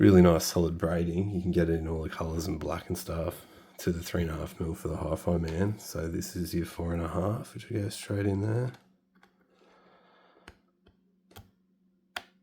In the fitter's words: Ah, that one there's actually got a nice solid click.